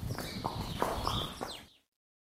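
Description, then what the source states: Horse hoofbeats, a few dull irregular thuds over about a second and a half, with faint high whistling sounds above, then sudden silence. Horse used in therapeutic riding; described as patient, non-judging and creating a pleasant atmosphere for the rider.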